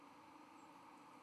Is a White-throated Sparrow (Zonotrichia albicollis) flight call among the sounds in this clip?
no